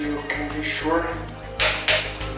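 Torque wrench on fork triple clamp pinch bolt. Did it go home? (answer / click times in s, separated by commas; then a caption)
yes / 1.6 s, 1.9 s. A torque wrench set to about 15 ft-lb tightens the fork clamp (pinch) bolts on the triple clamp of a Kawasaki KLX 250/300 (2008–2025), tightened a couple of times until it clicks so the bolts are not over-tightened. Someone talks, then the wrench gives sharp clicks at 1.6 s and 1.9 s as it reaches its setting.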